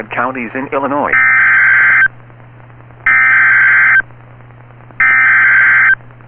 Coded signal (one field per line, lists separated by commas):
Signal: Emergency Alert System (SAME) tones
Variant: header bursts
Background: speech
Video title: EAS #1,897 Online NOAA Weather Radio Severe T’storm Warning #10 5/15/25